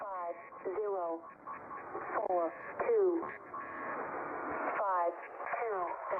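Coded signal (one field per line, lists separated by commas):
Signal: numbers station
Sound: a voice over radio reads digits: five, zero, four, two, five, two, zero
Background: radio static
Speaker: What you're listening to right now is recorded audio pulled from transmissions of numbers stations. Shortwave radio projectors that transmit mysterious, undecipherable messages.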